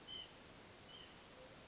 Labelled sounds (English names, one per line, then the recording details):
White-breasted Nuthatch
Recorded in Sonoma County, California